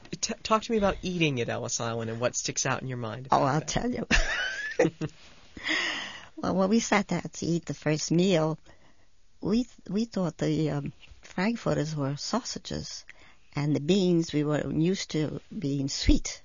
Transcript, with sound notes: Talk to me about eating at Ellis Island, and what sticks out in your mind.
Oh, I'll tell you. ( she laughs ) Well, when we sat down to eat the first meal, we thought the frankfurters were sausages, and the beans -- we weren't used to being sweet.